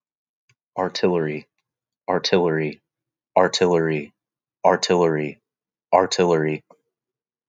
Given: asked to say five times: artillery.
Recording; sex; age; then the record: repeated word; male; 30 to 39 years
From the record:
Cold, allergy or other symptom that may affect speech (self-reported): no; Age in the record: 31 years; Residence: Texas, United States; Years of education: 16